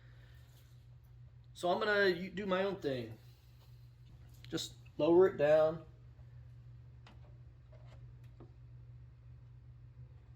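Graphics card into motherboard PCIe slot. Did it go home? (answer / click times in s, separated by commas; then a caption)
no / none. A graphics card is lined up and lowered toward a motherboard's PCIe slot while someone talks early in the clip. Only quiet handling noises follow, with faint brief taps near 7.1 s and 8.4 s. The card has not seated or clicked into the slot yet.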